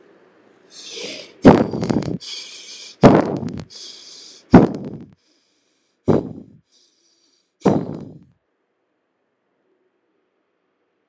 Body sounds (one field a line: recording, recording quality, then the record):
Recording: shallow breathing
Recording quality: excellent, no background noise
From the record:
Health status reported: healthy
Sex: male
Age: 32 years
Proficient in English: yes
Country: India